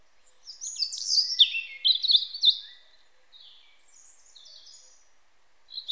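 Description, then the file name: European robin delivering a rich, high tumbling phrase of quick twittering notes, followed by softer thin notes and the start of a new phrase at the end. "Erithacus rubecula"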